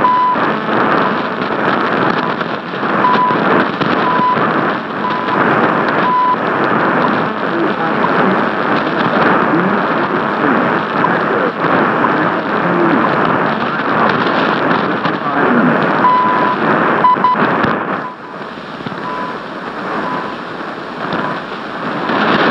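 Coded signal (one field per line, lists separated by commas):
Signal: radio time signal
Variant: CHU Canada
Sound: loud shortwave static with faint 1 kHz beeps each second and one longer half-second beep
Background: radio static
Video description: Captura de CHU Canada, emisora horaria de ese país, en 7850 Khz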